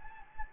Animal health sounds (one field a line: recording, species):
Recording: mosquito wingbeat signal from an infrared sensor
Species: Anopheles gambiae